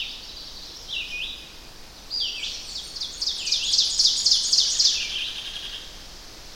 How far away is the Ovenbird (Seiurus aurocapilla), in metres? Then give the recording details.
about 25 m. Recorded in boreal forest in Alberta, Canada, on 10 June 2016 at 07:02. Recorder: SongMeter 3, array SBT-3-39. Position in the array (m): 231 m, 95 m. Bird 17